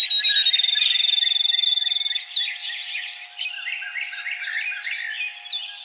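Field sparrow song at the start: a high whistled trill of rapid, evenly spaced notes fading after two seconds, then a chorus of other chattering birds.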